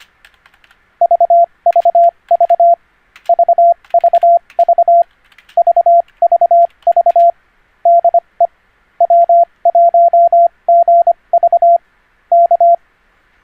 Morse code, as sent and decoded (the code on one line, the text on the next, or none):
...- ...- ...- / ...- ...- ...- / ...- ...- ...- / -.. . / .-- .---- --. ...- / -.-
VVV VVV VVV DE W1GV K